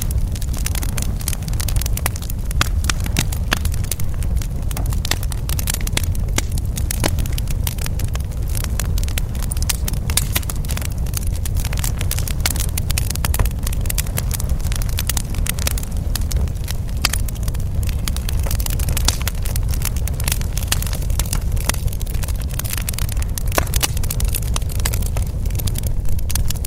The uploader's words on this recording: A campfire crackling in the quiet of the night. The soft popping and crackling sounds of the burning logs create a peaceful and calming atmosphere. Campfire Crackling Ambience.